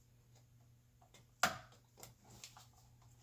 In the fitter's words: sure it snaps back into place properly so it's pretty easy for